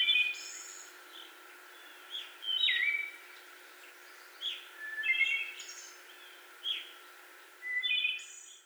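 Wood thrush singing several short, clear fluting phrases separated by pauses.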